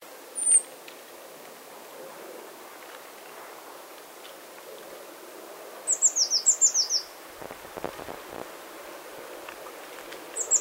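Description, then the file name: Eurasian blue tit calls: a single thin, very high downslurred note, then a quick run of several sharp descending high notes, another note at the end, over faint background hiss. "Cyanistes caeruleus"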